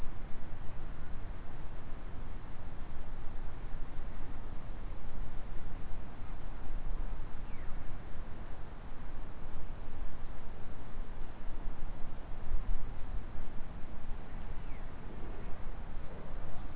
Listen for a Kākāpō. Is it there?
no